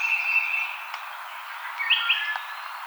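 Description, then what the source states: Wood thrush song: a clear fluted phrase opens, then a second, higher ringing phrase near the end. Recorded 5 May 2007.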